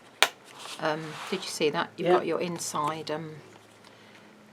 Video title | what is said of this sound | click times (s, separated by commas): Walk Through of the Bird Watcher Folio Album (CoolKatzCraft Ltd) using Graphic 45 'Bird Watcher' | page inserts, and I popped a magnet on them so it just clicks into place like that. | 0.2 s